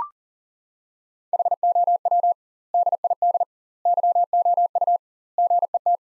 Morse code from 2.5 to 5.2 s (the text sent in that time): DID YOU